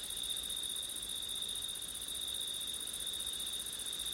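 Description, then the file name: Continuous cricket trill, high and steady with a shimmering upper band, low wind-like noise in the background. Crickets recorded on a September night with wind. "crickets wind september night ortif"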